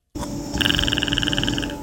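A fast, rhythmic clicking croak of about a second, roughly 18 clicks per second, is made by a sleeping adult woman over a steady low hum. This unusual snore-like noise is likened to the clicking call of the Predator from the movie and is thought to come from the uvula at the back of the throat.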